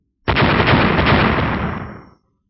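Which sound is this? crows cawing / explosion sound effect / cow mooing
explosion sound effect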